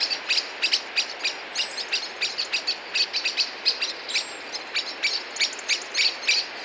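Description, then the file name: Common blackbird call series of hard, dry chinking notes, fast and somewhat uneven, sometimes doubled, continuing without pause against a soft hiss. "Turdus merula"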